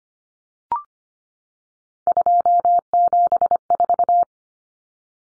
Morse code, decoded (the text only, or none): 274